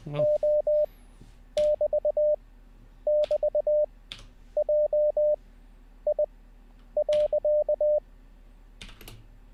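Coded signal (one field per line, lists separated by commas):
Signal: Morse code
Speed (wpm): 20 wpm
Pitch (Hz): 600 Hz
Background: none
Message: O <BT> <BT> J I .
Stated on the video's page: Live-streamed Morse code learning practice session.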